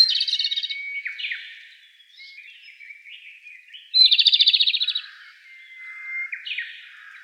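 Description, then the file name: Japanese robin song: a loud, rapid rattling trill followed by lower whistled and warbled notes, the phrase repeated about four seconds later. Recorded 15 April 2013. "komadori S 130415"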